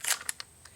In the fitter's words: it locks into place because the gun's bolt catch activates